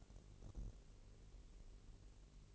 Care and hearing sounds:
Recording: daily activity, microphone in the room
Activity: take from stove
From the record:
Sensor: 4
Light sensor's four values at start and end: 7/15/6/6 and 7/15/6/6

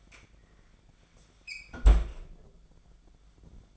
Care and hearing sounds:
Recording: daily activity, microphone in the room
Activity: close fridge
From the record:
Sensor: 5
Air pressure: 1009.8 hPa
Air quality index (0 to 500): 160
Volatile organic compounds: 4 ppm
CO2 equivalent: 1557 ppm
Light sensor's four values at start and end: 129/328/137/146 and 126/320/134/143

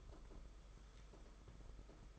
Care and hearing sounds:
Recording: daily activity, microphone in the room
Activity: take from stove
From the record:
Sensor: 5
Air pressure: 991.3 hPa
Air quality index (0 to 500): 91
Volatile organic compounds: 11 ppm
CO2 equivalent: 2290 ppm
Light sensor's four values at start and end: 33/103/40/42 and 33/103/40/42

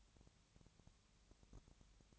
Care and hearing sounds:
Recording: daily activity, microphone in the room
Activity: no activity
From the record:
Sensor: 3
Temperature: 20.6 degrees Celsius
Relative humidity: 34.7%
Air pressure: 1007.2 hPa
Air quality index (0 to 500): 137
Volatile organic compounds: 3 ppm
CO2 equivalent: 1527 ppm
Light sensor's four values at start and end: 2/3/2/2 and 2/3/2/2

